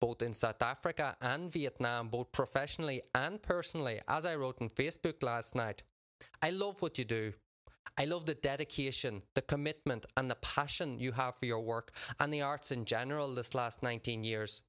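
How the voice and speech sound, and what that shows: A man speaks fluently at an even pace with clear articulation and a few natural pauses: ordinary adult speech.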